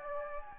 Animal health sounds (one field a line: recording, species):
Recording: mosquito wingbeat signal from an infrared sensor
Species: Anopheles gambiae